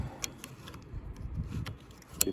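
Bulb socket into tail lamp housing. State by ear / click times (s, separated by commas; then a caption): seated / 2.2 s. A tail light bulb socket is pushed one-handed into the rear lamp housing of a 2009 GMC Sierra, with faint ticks and low rumble in the background. A sharp snap at 2.2 s marks the socket seating in the tail lamp housing.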